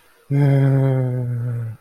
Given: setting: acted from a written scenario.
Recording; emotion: vocal sound without words; sympathy